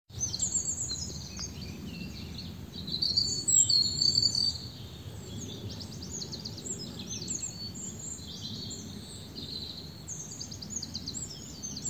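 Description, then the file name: European robin song: high twittering phrases with sharp trilled notes, a strong burst after three seconds, then quieter warbling continuing over low rumbling background noise. "Erithacus rubecula"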